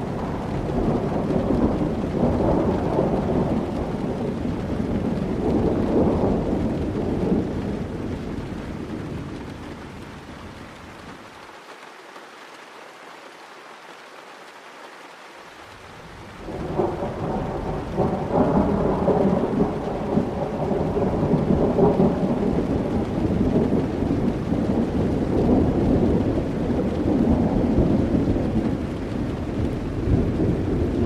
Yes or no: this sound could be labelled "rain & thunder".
yes